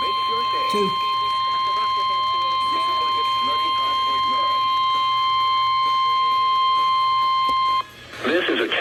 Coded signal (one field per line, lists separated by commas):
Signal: Emergency Alert System (SAME) tones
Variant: 1050 Hz attention tone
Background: speech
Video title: 2021 VA Tornado Drill(EAS 437-457)